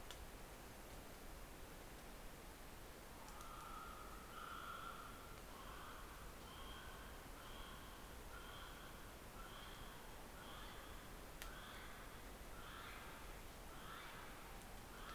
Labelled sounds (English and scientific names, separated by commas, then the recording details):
North Island Brown Kiwi (Apteryx mantelli) female call
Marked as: faintness 2/5
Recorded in New Zealand on 9 December 2013
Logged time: 23:28
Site DE65